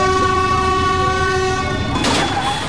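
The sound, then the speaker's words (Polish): A train horn blares a steady, multi-toned chord over the deep rumble of a passing train at an accident simulation opening the 10th Bezpieczny Przejazd campaign in Poland, then a sudden hissing burst of noise washes in near the end. “Od symulacji wypadku rozpoczęła się 10. edycja kampanii Bezpieczny Przejazd.”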